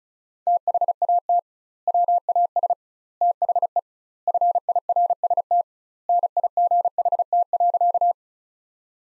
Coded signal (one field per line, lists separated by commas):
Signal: Morse code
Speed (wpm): 36 wpm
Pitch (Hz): 700 Hz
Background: none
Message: THAT WAS THE FIRST NIGHT.